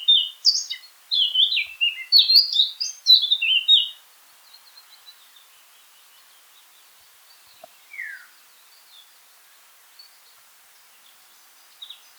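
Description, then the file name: Eurasian blackcap singing a four-second phrase of quick scratchy warbling and clear whistles, followed by near silence with a few faint notes. "Sylvia atricapilla"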